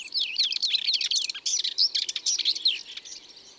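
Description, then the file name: Common whitethroat song, a hurried scratchy chattering warble lasting about three seconds, then fading. "Fauvette grisette ABC des chants doiseaux"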